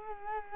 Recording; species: mosquito wingbeat signal from an infrared sensor; Culex quinquefasciatus